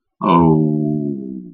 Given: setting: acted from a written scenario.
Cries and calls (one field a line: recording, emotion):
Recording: vocal sound without words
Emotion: sadness